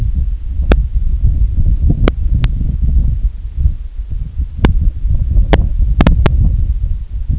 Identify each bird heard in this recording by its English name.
none